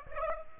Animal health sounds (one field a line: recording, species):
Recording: mosquito wingbeat signal from an infrared sensor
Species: Aedes aegypti